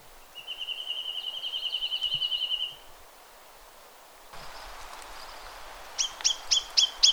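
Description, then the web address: Chinese nuthatch giving a rapid, even trill of about two seconds, then after a pause a short run of clipped notes. "Chinese nuthatch. صدای-پرنده-کمرکولی-چینی"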